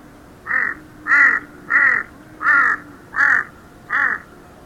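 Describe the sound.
Kaka calling six times in a steady series of rasping, cawing notes, with a faint low hum beneath.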